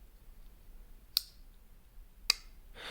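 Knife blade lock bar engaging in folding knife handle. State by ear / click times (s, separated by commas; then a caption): seated / 1.2 s, 2.3 s. The blade of a Chaves Ultramar Redencion 229 folding knife is opened a second time, giving two sharp clicks: the detent ball releases at 1.2 s, then the lock bar slides into place in the handle at 2.3 s, showing a strong detent. The blade locks open again, followed by a soft broadband rush at the end.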